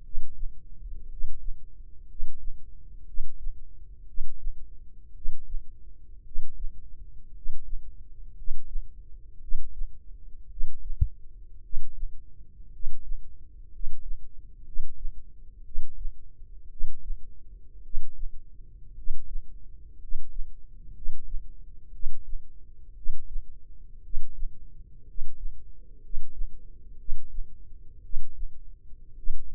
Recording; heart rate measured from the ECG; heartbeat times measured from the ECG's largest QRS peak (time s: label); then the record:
heart sounds by microphone in the left ear; 58 bpm
0.01 s: heartbeat
1.06 s: heartbeat
2.05 s: heartbeat
3.04 s: heartbeat
4.04 s: heartbeat
5.12 s: heartbeat
6.22 s: heartbeat
7.31 s: heartbeat
8.33 s: heartbeat
9.38 s: heartbeat
10.47 s: heartbeat
11.60 s: heartbeat
12.69 s: heartbeat
13.69 s: heartbeat
14.62 s: heartbeat
15.62 s: heartbeat
16.67 s: heartbeat
17.81 s: heartbeat
18.93 s: heartbeat
19.97 s: heartbeat
20.91 s: heartbeat
21.90 s: heartbeat
22.93 s: heartbeat
24.00 s: heartbeat
25.04 s: heartbeat
25.99 s: heartbeat
26.96 s: heartbeat
28.00 s: heartbeat
29.14 s: heartbeat
From the record:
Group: healthy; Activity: rest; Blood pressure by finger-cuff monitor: 95/49 mmHg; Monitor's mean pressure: 60 mmHg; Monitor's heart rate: 57 bpm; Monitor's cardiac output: 5 L/min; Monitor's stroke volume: 87 mL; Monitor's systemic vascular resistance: 840 dyn s/cm5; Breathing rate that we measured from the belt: 10 breaths a minute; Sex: male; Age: 25 years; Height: 170 cm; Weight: 70.4 kg